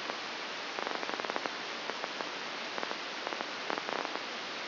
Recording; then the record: brain microelectrode recording played as sound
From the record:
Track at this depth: outside the subthalamic nucleus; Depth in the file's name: 8.06 mm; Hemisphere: left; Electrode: 2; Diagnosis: Parkinson's disease